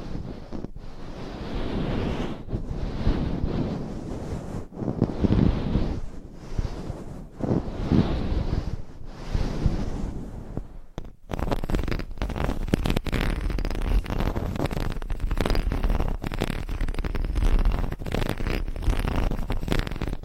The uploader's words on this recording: ASMR Mic Scratching - Brain Scratching & Brushing Hypnotic Asmr No Talking.